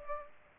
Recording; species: mosquito wingbeat signal from an infrared sensor; Culex pipiens